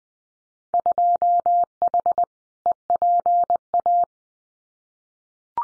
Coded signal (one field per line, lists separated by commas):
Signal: Morse code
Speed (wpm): 20 wpm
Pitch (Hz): 700 Hz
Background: none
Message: 2H EPA